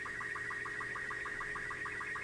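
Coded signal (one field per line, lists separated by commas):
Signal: SSTV (slow-scan television)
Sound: steady warbling high tone with rapid regular low ticks, like a chirping line scan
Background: low hum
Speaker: Those are the actual tones that are going on.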